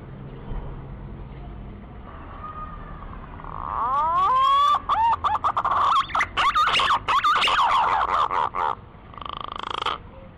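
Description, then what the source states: Green pigeon song: soft whistles build into loud rising glides, then a rapid run of broken, warbling whistled notes that fades near the end. Lure call used to attract green pigeons.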